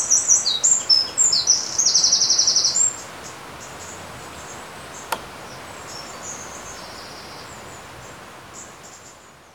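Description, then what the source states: Bird song: bright, high twittering phrases and a fast trill in the first three seconds, then only a steady rushing of water. Recorded beside a river.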